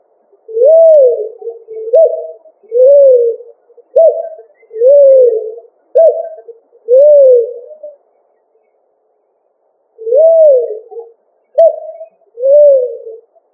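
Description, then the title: Pigeon cooing: short hooked coos alternating with longer, soft, rising-and-falling coos in a steady series with one pause, in quiet surroundings. "ColumbidaePomba"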